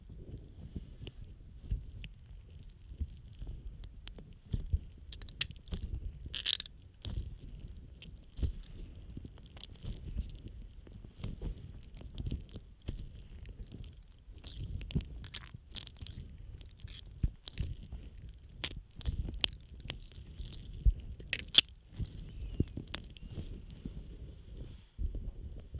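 Muffled rubbing and scrubbing against an ear, with frequent soft taps and crackles and a faint steady high hiss throughout.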